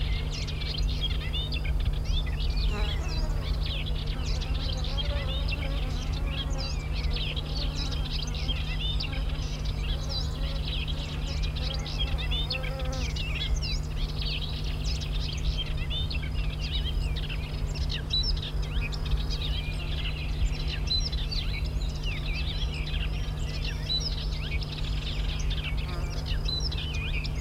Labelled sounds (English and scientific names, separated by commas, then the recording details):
Woodchat Shrike (Lanius senator) song
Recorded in the wild
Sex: male
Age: adult
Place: Crnotice, Cicarija, SI
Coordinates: 45.48, 14.03
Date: 1994-06-02
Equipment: Sony WM-D6C, Sennheiser ME 66, 1st genation MC copy
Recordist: Ernst, Stephan